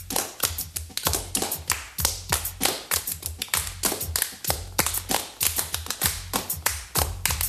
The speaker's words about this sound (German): Am Anfang war der Rhythmus. Einfaches, rhythmisches Klatschen war die Keimzelle aller Musik.